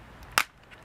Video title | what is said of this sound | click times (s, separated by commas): Transformers Generations Leader Class Jetfire Review | and that whole thing just folds snaps right in place like that | 0.4 s